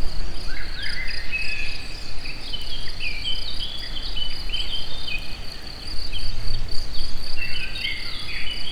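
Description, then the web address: Cricket chirping in a steady high pulsed trill, with scattered bird notes and heavy low rumbling. Recorded in nature at a forest edge near the Eger tourist house, amid assorted sounds. "tucsok. mindenfeleazerdoszelen egerturistahaz"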